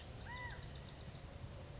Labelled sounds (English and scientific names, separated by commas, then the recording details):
Bewick's Wren (Thryomanes bewickii)
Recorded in Sonoma County, California